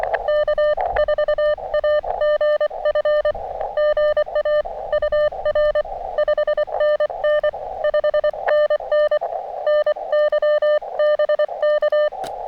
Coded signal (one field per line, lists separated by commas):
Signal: Morse code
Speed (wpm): 24 wpm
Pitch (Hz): 590 Hz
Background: none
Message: K4AGF GA UR 5NN 5NN NY BK